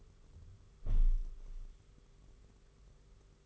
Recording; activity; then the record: daily activity, microphone in the room; close window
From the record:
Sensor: 4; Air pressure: 991.2 hPa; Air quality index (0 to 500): 153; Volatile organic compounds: 103 ppm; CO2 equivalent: 3772 ppm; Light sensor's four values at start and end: 6/14/5/6 and 6/14/5/6